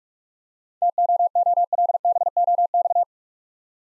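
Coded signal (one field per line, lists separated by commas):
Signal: Morse code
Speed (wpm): 44 wpm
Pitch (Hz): 700 Hz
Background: none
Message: TOOLBOX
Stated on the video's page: Morse code practice of easy words with contextual hints at 45 wpm.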